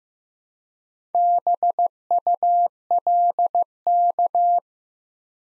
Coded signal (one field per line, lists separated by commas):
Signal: Morse code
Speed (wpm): 15 wpm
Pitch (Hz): 700 Hz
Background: none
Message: BULK